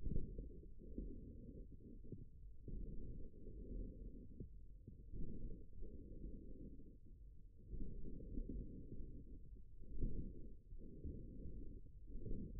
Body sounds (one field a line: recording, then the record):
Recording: forearm muscle sounds (acoustic myography)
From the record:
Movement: forearm supination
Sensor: system 1, eight BSWA MPA416 microphones around the upper forearm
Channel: 7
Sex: male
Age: 54 years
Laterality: right